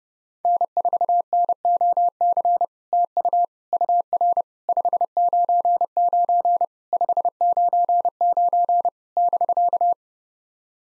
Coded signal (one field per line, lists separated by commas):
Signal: Morse code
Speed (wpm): 30 wpm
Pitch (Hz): 700 Hz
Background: none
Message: N4NOC TU UR 599 599 <BK>